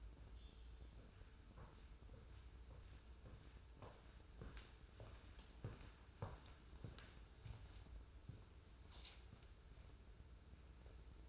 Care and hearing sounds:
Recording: daily activity, microphone in the room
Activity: walk to room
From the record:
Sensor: 2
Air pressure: 994.2 hPa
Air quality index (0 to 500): 207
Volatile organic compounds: 1000 ppm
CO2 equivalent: 6814 ppm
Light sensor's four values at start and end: 68/158/66/65 and 39/88/38/39

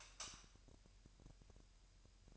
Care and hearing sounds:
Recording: daily activity, microphone in the room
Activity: light off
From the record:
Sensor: 2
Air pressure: 1001.8 hPa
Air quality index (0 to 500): 243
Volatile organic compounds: 33 ppm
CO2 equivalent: 3021 ppm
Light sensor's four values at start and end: 9/26/10/10 and 4/10/4/4

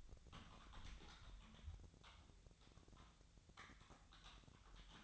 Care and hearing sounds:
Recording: daily activity, microphone in the room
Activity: typing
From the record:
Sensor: 3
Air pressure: 1009.4 hPa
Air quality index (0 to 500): 196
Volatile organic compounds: 16 ppm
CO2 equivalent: 2552 ppm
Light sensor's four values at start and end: 35/87/37/40 and 35/86/37/40

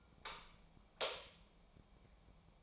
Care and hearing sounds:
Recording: daily activity, microphone in the room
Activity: light off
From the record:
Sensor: 1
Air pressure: 1000.0 hPa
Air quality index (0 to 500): 129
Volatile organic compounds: 2 ppm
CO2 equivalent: 1224 ppm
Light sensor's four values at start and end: 42/112/46/56 and 39/99/41/51

